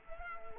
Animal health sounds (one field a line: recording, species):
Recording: mosquito wingbeat signal from an infrared sensor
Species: Culex quinquefasciatus